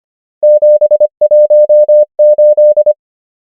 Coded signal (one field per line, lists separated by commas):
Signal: Morse code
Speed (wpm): 25 wpm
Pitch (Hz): 600 Hz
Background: none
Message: 7 1 8